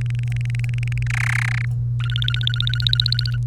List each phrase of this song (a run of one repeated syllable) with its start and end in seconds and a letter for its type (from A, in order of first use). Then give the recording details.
0.01-1.03 A, 1.06-1.65 B, 1.99-3.37 C. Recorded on 30 April 2018 at 17:48. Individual llb3